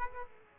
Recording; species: mosquito wingbeat signal from an infrared sensor; Aedes aegypti